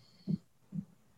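A bulldog snoring in the background indoors: two low, rumbling snore bursts about half a second apart.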